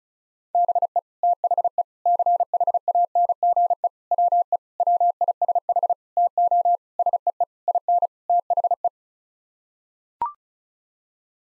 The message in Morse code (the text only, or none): BE THE CHANGE WE WISH TO SEE IN THE